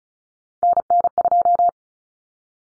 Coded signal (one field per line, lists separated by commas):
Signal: Morse code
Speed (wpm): 34 wpm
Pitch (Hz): 700 Hz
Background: none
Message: NN2